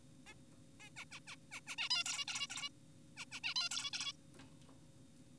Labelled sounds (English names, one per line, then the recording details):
Zebra Finch
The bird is an adult
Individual g4p5U